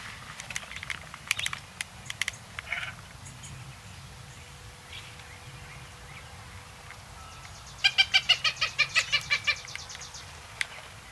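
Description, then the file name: Blue jay: scattered ticks and clicks at first, then a quick series of about ten repeated notes near the end. "Blue Jay - Cyanocitta cristata"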